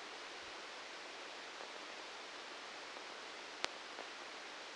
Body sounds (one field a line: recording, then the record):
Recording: brain microelectrode recording played as sound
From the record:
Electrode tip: outside the subthalamic nucleus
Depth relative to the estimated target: -6 mm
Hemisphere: left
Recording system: NeuroSet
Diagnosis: Parkinson's disease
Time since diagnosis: 15 years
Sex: male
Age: 65 years